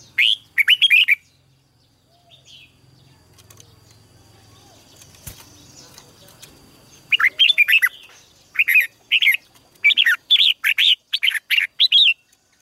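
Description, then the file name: Red-whiskered bulbul song: an opening chirpy phrase, several quiet seconds with faint low rumble, then a lively run of repeated warbled phrases. "Tieng chao mao hot"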